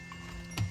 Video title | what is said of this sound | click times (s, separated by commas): VLOGMAS Day 3: GRACO Premier Mode Nest Midtown - part 2 - Highly Requested | by using this little click thing right here so you lock it into place like that | 0.6 s